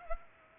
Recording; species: mosquito wingbeat signal from an infrared sensor; Culex pipiens